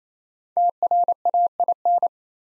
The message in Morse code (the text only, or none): TRAIN